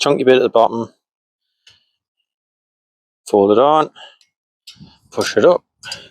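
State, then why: Not seated. Someone talks while lining up the second Bosch wiper blade on a Nissan Qashqai J11, with its chunky bottom part positioned and the blade folded onto the windscreen wiper arm. A faint, brief tick sounds near 1.7 s in the quiet between the speech. The blade has not yet been pushed up, and nothing has seated or clicked yet.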